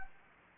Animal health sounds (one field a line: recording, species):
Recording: mosquito wingbeat signal from an infrared sensor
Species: Anopheles gambiae